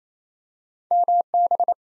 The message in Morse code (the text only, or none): MB